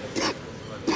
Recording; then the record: coughing mixed with background sound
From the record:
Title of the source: 60 coughing still (deep and wet cough)